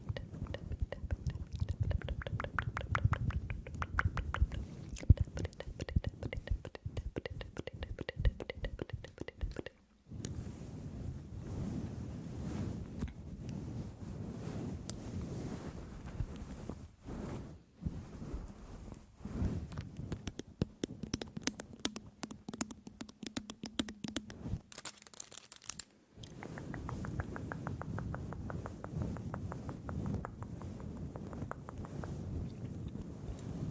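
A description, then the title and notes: Long nails scratch across a fluffy microphone cover, making dense, rustling scrapes with a rough low rumble underneath. The scratching comes in rapid strokes, pausing briefly near 10 and 26 seconds, with bursts of brighter crackle around 20 to 25 seconds. ASMR Intense Brain Massage w. Extreme Long Nails (Fluffy Mic Scratching).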